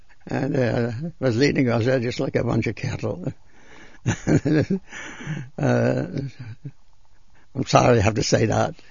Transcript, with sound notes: And they was leading us just like a bunch of cattle. ( he laughs ) I'm sorry I have to say that.